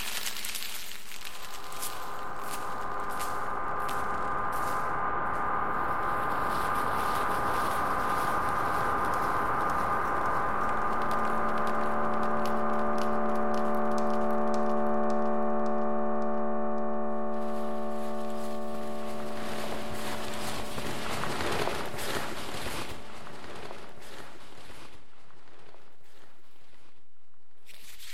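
A generative ambient piece where sustained, shimmering synthesized chords hold steady from about two seconds on, with a low tone entering near eleven seconds. Dense crackling and rustling textures, like paper or salt, patter throughout, thinning as the chords fade near twenty-five seconds.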